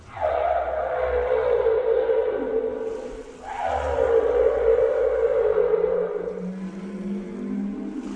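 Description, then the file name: Whale song: long sustained moaning tones held level for several seconds, two drawn-out phrases with a low rumble underneath and a rising tone at the end. "Canto de las ballenas"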